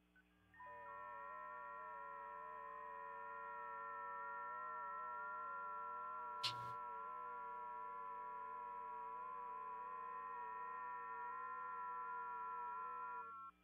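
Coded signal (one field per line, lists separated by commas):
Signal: FT8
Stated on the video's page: FT8 received via SunSDR using TCI interface.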